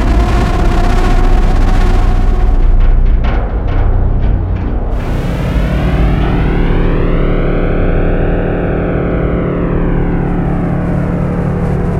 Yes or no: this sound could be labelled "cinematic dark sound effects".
yes